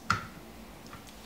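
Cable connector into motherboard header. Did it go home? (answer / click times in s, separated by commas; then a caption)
yes / 0.1 s. A keyed cable connector with square and rounded pins and a latch tab is pushed into its motherboard header. A single sharp click sounds at 0.1 s, followed by faint ticks. The connector latches and seats properly.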